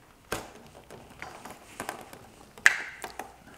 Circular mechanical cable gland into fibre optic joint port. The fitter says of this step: and make sure you hear it click into place so i'm going to push it home hopefully you can hear the click